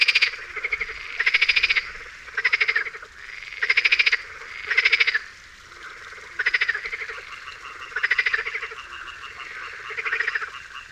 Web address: Tajemnice puszczy Zaba smieszka